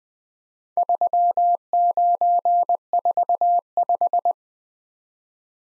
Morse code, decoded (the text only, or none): 3945